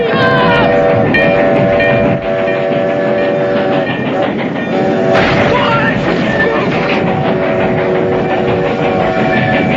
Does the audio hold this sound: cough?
no